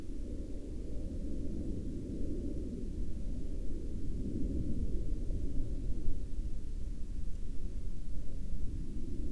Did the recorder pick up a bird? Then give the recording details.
no. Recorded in the Arctic National Wildlife Refuge, Alaska, on 16 May 2021 at 01:29. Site 33